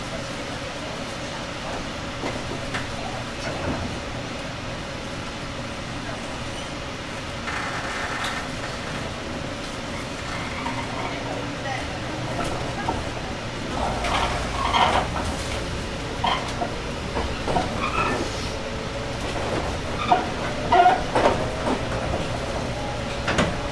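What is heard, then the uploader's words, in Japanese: A local train on the Nippō Line rumbles steadily with a low hum, occasional voices, and sharper clatters and knocks after fifteen seconds. JR九州 415系 日豊線 大分から幸崎まで。JR九州 415系電車の走行音です。日豊線の普通列車で録音しました。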